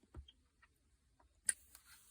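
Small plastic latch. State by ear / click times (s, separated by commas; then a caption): released / 1.5 s. Pressing the button on the back of an old 13.3-inch Lenovo Yoga 2 Pro tablet releases the built-in kickstand latch. After a few faint ticks near 0.2 and 0.3 s, the latch clicks open sharply at 1.5 s, followed by a softer tick at 1.8 s, and the kickstand is released.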